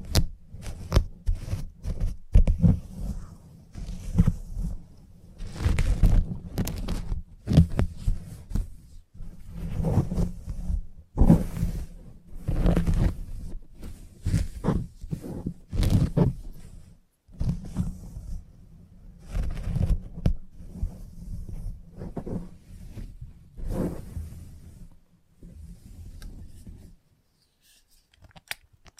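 Salon haircut sounds: dense, irregular bursts of snipping and rustling with a steady low hum, pausing briefly near 17, 25 seconds, ending almost silent.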